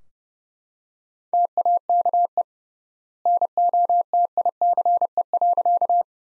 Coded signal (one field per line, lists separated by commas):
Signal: Morse code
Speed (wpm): 30 wpm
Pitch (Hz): 700 Hz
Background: none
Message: TAKE NOTICE.